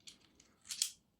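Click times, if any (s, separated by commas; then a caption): 0.8 s. A single-shot tray is slid into a Webley VMX CO2 air pistol, and a few faint ticks lead into a brief scraping slide. A sharp, bright click at 0.8 s marks the tray snapping into place, held by a small magnet, and the tray is seated.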